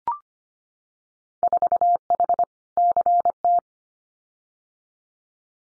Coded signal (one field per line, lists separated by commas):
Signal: Morse code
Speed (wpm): 25 wpm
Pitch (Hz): 700 Hz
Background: none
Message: 4H CT